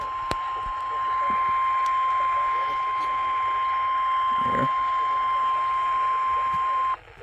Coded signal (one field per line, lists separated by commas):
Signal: Emergency Alert System (SAME) tones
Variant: 1050 Hz attention tone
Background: speech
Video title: Slight Risk Shenanigans II (EAS Alerts from 6/18/2022) (EAS # 1093-1121)